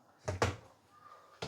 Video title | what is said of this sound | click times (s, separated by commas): Happy Mother's Day - Coconut Chicken ft The Forge and The Vortex from Pacifica (recipes provided) | The moment you hear the click sound, it is secured. | 0.3 s, 0.4 s